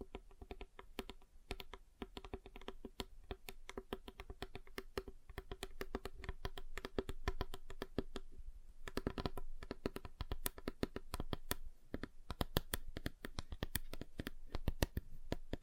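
Fingers tap rapidly on a table, dense irregular clicks throughout, with a brief lull near eight seconds before sharper, brighter taps resume.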